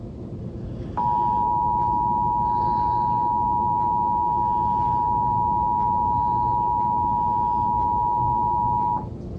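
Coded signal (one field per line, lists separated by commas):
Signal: Emergency Alert System (SAME) tones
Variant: 853 and 960 Hz attention tone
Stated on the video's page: Statewide required monthly test, relayed at different times.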